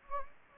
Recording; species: mosquito wingbeat signal from an infrared sensor; Anopheles gambiae